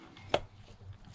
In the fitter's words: we'll just hear it pop and